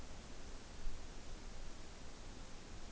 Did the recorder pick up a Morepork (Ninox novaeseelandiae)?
no